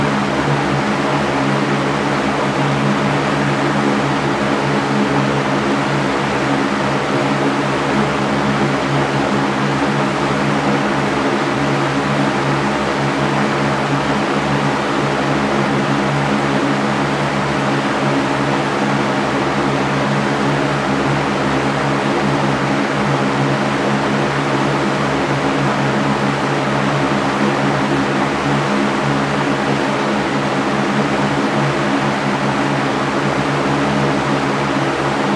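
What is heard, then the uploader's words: A fan runs with a steady, unbroken whoosh from start to finish, dense and even with no change in level. A low, steady hum with faint tonal bands sits beneath the airy rush, suggesting a motor. Block out your surroundings and sleep with the White Noise of a Fan.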